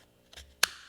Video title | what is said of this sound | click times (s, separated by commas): What Part of the Tree is That? - Avery Knifeworks Bird & Trout MagnaCut Fixed Blade | Hear that snap that is not going anywhere. | 0.6 s